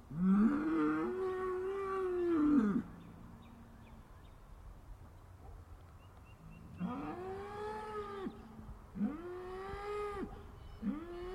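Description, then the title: Cow bellows loudly, a long moo followed by three shorter rising calls after a quiet gap. "Harmony in Hooves: Decoding the Rhythms of Cow Conversations"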